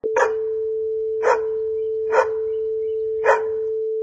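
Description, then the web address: Dog barking, four sharp single barks spaced roughly one second apart, heard over a steady low electrical hum. Barks four times. "sfxsource. Dog Barks"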